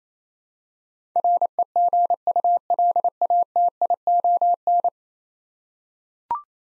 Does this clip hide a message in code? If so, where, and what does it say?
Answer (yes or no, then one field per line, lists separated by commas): yes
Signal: Morse code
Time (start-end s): 1.2-4.9 s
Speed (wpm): 28 wpm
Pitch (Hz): 700 Hz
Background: none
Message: REGULATION